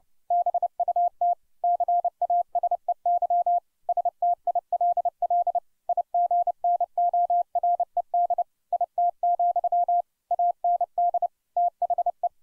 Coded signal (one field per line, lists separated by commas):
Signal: Morse code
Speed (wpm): 30 wpm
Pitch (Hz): 700 Hz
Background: none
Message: BUT CASEY STILL IGNORED IT, AND THE